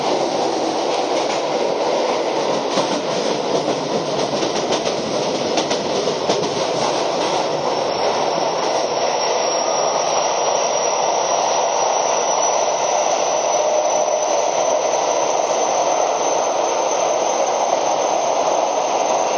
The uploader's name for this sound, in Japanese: 京王5000系 本八幡〜橋本